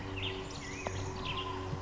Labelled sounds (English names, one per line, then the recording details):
Black-headed Grosbeak
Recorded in Sonoma County, California